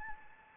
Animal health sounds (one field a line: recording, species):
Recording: mosquito wingbeat signal from an infrared sensor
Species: Anopheles gambiae